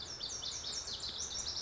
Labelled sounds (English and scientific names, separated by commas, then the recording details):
Pacific Wren (Troglodytes pacificus)
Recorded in Sonoma County, California